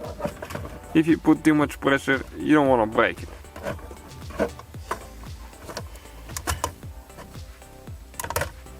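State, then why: Seated. A plastic part of a fuel pump module assembly is pressed in carefully, without too much pressure so it doesn't break, while someone talks. A series of sharp plastic snaps follows at about 4.9, 6.4, 6.5, 6.6 and 8.2 seconds. The part clicks into place at 8.4 s and is seated.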